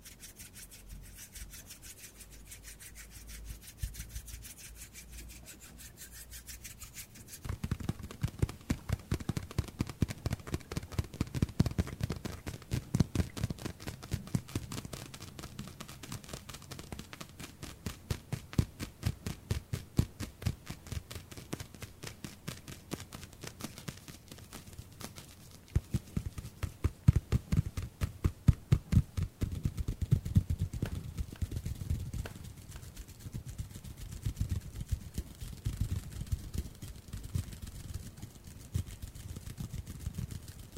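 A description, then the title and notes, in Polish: ASMR hand sounds: after a quiet hissy opening, dense rapid rubbing and scratching begin near seven seconds and continue unevenly, peaking around 27–29 seconds. ASMR DŹWIĘKI DŁONI 40 MINUT! 50+ DŹWIĘKÓW.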